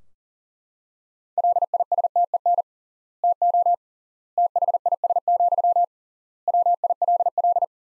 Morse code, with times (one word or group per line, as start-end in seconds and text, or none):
1.4-2.6 LISTEN
3.2-3.7 TO
4.4-5.8 THIS,
6.5-7.6 WILL